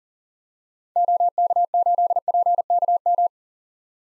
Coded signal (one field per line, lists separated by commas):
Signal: Morse code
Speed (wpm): 40 wpm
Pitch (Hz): 700 Hz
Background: none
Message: OK8PKM